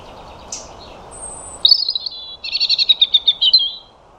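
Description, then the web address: European robin giving a few thin, high notes, then a bright, rapid trill of repeated high notes. "Deverinetal 2025 File origin Bird Only Er Ru"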